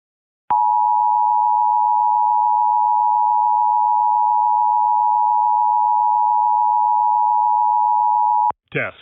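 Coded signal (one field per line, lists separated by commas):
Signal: Emergency Alert System (SAME) tones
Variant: 853 and 960 Hz attention tone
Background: speech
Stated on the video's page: Pennsylvania Required Monthly Test relayed by FM radio stations, a Trilithic EASyCAST relay, an Xfinity cable box and stream, and Philadelphia and Lancaster TV stations.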